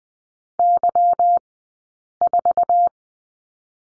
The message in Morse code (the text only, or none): Y4